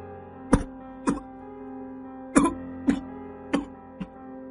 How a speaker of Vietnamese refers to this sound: Những tiếng ho sặc sụa vang lên, nhưng chú Tư vẫn không hề nghe thấy.